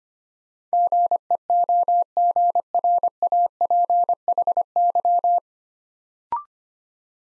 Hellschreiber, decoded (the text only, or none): none